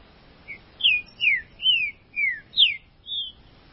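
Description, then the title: Green-winged saltator singing a phrase of six clear whistles, mostly descending slurs, with a brief soft note at the start. "Trinca Ferro"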